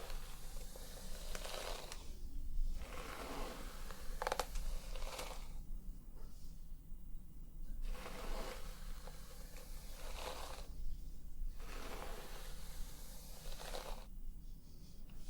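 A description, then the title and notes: Soft rubbing and squishing of fingers working through hair during a scalp massage and wash. The crackly, bright strokes come in waves every second or two, separated by brief quieter pauses, over a steady low hum. ASMR Cozy Scalp Treatment, Massage + Hair Wash for Sleep ~ personal attention roleplay.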